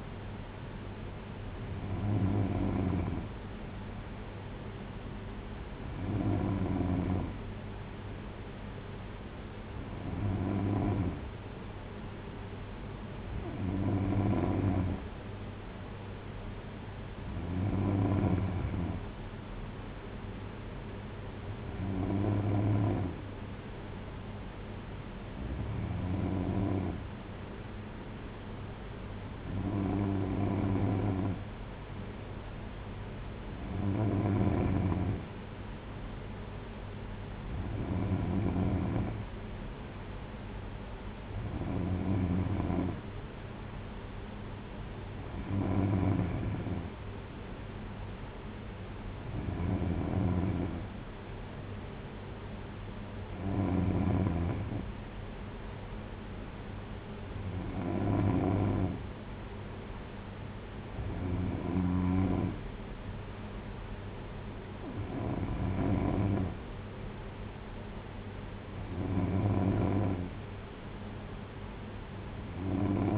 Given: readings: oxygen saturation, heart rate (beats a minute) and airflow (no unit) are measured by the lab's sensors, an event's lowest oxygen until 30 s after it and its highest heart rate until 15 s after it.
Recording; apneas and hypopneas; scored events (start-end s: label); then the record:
breathing in sleep by a voice recorder at the bedside; none
none scored
From the record:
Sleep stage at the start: N3 (deep sleep); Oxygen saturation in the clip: 93 to 94%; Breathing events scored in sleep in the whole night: 226 in 8.8 hours asleep